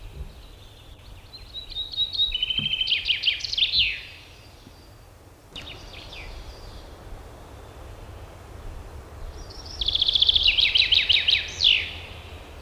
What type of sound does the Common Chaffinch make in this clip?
song